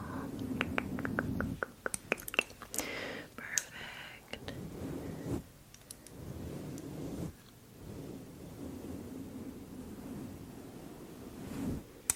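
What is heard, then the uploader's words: A haircut, with sharp, quick scissor snips clustered in the first two seconds and again around three to four seconds. A low, steady hum runs underneath nearly the whole time, briefly dropping out near five and seven seconds, with soft rustling over it. ASMR Haircut & Eyebrow Trim.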